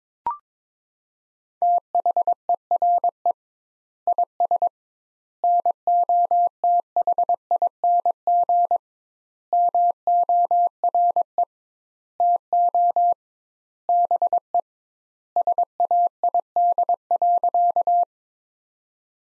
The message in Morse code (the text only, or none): THERE IS NOTHING MORE TO BE SAID.